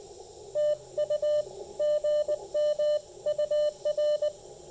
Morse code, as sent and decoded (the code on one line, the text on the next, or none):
- ..- / --. -- ..- .-.
TU GMUR